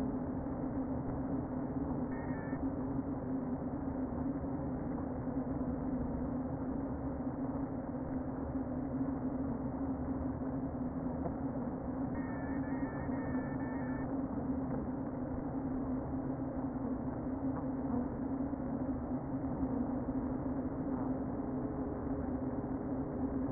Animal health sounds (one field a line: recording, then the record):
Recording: honeybee colony, microphone inside the hive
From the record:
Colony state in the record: queen present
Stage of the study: before two queens were removed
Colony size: about 60,000 bees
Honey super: yes